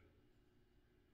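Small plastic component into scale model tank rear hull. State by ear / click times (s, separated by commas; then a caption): not seated / none. A small plastic rear-hull part of a scale Tiger I tank model is held in tweezers and positioned against the hull. Only a low, steady handling noise with faint soft ticks is heard, with no sharp peaks. Nothing has seated or clicked yet.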